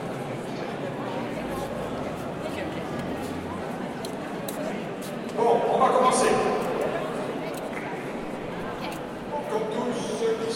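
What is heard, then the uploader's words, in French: Crowd chatter fills a church as people gather before a concert, a steady murmur of many voices in a reverberant hall. Around the middle, voices rise louder and brighter for a few seconds, then settle back into the hum, with occasional clicks and knocks. Etrange brouhaha à l'Eglise St Merry de Paris. Beaucoup de monde pour la préparation d'un concert.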